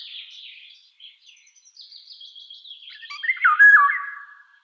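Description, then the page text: Eurasian golden oriole giving a soft scratchy warble that builds into a loud, mellow whistled phrase ending in a falling slur. "Иволга обыкновенная (Oriolus oriolus) - Пение"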